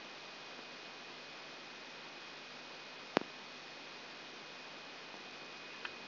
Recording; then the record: brain microelectrode recording played as sound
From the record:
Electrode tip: outside the subthalamic nucleus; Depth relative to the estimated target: -4 mm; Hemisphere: right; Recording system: AlphaMap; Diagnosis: Parkinson's disease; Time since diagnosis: 9 years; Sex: male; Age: 68 years